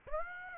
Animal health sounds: mosquito wingbeat signal from an infrared sensor; Aedes aegypti

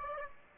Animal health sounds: mosquito wingbeat signal from an infrared sensor; Aedes aegypti

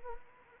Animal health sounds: mosquito wingbeat signal from an infrared sensor; Anopheles arabiensis

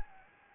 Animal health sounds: mosquito wingbeat signal from an infrared sensor; Anopheles gambiae

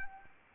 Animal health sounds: mosquito wingbeat signal from an infrared sensor; Anopheles arabiensis

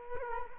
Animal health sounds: mosquito wingbeat signal from an infrared sensor; Culex quinquefasciatus

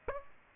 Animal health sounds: mosquito wingbeat signal from an infrared sensor; Aedes aegypti

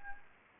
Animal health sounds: mosquito wingbeat signal from an infrared sensor; Anopheles arabiensis

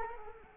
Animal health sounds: mosquito wingbeat signal from an infrared sensor; Culex quinquefasciatus

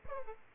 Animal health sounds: mosquito wingbeat signal from an infrared sensor; Aedes aegypti

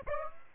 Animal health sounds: mosquito wingbeat signal from an infrared sensor; Aedes aegypti

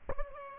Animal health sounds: mosquito wingbeat signal from an infrared sensor; Aedes albopictus

